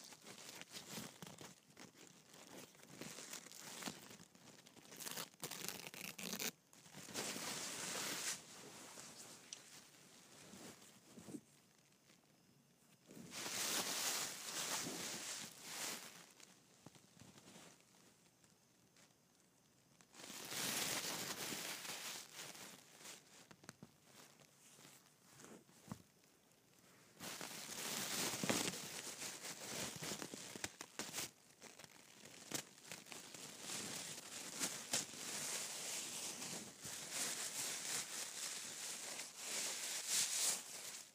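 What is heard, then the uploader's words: Gift wrapping with tissue paper: bursts of bright rustling and crinkling come in waves, each lasting several seconds, with quieter gaps near 7, 18, 25 and 31 seconds. Sharp crackles and snaps punctuate the louder stretches, which grow denser toward the end. ASMR Gift Wrapping and Tissue Paper.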